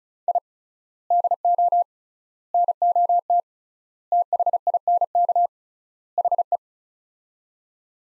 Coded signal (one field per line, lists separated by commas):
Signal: Morse code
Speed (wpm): 36 wpm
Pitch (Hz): 700 Hz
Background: none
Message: I DO NOT THINK HE